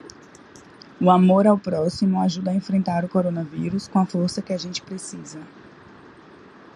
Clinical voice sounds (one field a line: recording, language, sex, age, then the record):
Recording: spoken sentence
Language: Brazilian Portuguese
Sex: female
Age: 20 to 29 years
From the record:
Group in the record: control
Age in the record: 27 years